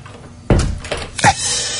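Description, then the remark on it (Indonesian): A door in a boarding house, in one of the rooms, opens with a sharp thud, followed by a scraping swing and a second knock as it shuts, over a quiet hiss with no voices. “Lagi-lagi ku dengar suara pintu dibuka dan ditutup.”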